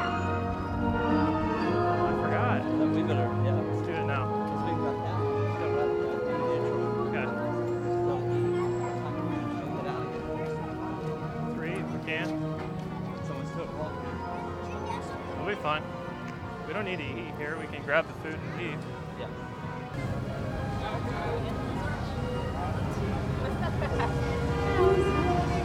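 Crowd chatter fills a walk through the Universal Studios Florida theme park, with many overlapping voices and a steady bed of music with a low beat underneath. Short sharp sounds and louder calls pop out around the middle, and the din swells near the end.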